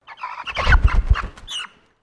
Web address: Sound Effects-Foundation 1 BIRD CHICKEN KOEYOSHI PANICKED WING FLAP